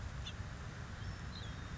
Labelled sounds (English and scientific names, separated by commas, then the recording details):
House Finch (Haemorhous mexicanus)
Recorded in Sonoma County, California